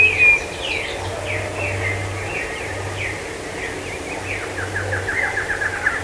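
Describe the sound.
Bird giving a run of quick descending chirps after an opening whistle, the notes becoming denser toward the end, with a low steady hum underneath.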